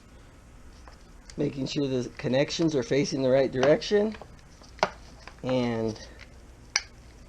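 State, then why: Seated. Someone talks while a replacement LED turn signal relay is pushed down into its plastic socket in the car's wiring, with a sharp tap near 4.8 s. A crisp click at 6.8 s marks the relay snapping into place, fully seated.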